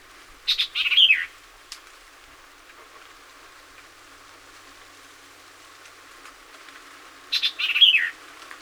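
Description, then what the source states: White-eyed Vireo song, a quick emphatic phrase of clipped notes ending in a slurred whistle, heard twice about seven seconds apart. Recorded 26 April 2019; seventeen songs.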